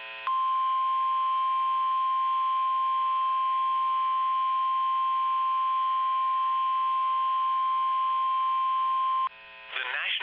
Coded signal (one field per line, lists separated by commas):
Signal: Emergency Alert System (SAME) tones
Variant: 1050 Hz attention tone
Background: speech